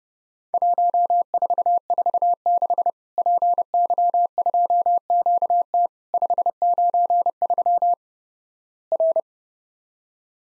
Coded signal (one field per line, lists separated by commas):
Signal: Morse code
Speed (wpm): 30 wpm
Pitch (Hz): 700 Hz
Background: none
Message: 1446 PY2QT 593 R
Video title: Worked All Europe DX Contest QTC Exchange with Repeats 30wpm